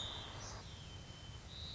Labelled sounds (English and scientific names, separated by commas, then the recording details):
White-crowned Sparrow (Zonotrichia leucophrys)
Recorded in Sonoma County, California